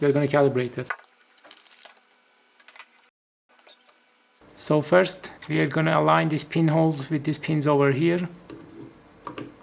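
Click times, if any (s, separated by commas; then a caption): none. Someone talks while an oscilloscope probe's metal BNC connector is picked up and brought toward the BNC input socket of a ZOYI ZT-702S meter, lining its slots up with the socket pins before it is pushed and twisted home. Only small handling taps are heard, around 1.5 to 2.8 s and again near 8.5 and 9.3 s. Nothing has seated or clicked yet.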